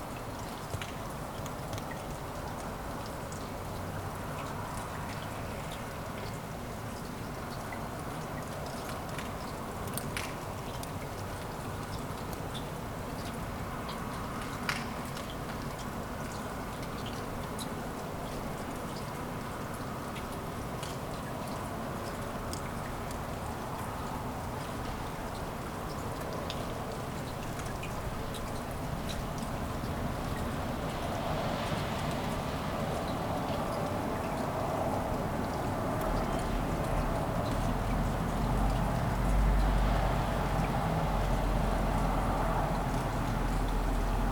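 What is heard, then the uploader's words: Light rain patters steadily on city streets, with faint traffic rumbling low in the background and a few sharp drips throughout. Light morning rain in the city of Kuldiga, Latvia. Raindrops falling on the city streets.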